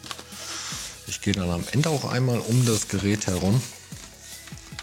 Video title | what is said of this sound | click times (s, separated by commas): LG Gram 17Z90N-0000 von Innen - RAM, SSD, Akku, Lüfter wechseln | drückt die nach unten hin fest und da hört man gut wie alles wieder einrastet | 0.1 s